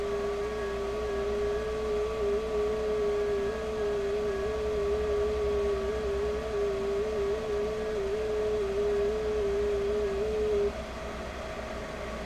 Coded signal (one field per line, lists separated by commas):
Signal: FT8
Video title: ham radio live: 6m ft8